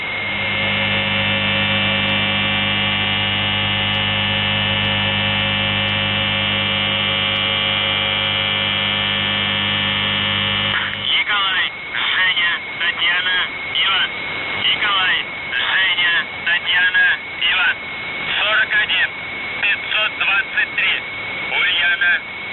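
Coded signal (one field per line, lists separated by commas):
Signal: numbers station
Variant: UVB-76, Russian voice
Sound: a continuous low droning buzz, then a man reading Russian words and numbers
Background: radio static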